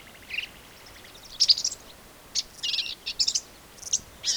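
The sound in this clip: Black-capped vireo singing a rapid series of varied, buzzy and sharp high phrases in short bursts separated by brief pauses.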